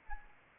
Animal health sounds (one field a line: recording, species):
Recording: mosquito wingbeat signal from an infrared sensor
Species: Anopheles arabiensis